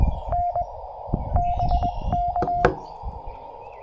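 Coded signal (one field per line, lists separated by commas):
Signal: Morse code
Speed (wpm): 20 wpm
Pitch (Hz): 690 Hz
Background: none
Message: N BK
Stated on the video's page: POTA activation at a state park, likely using a Yaesu FT-818ND keyed with a BaMaKeY TP-III twin paddle.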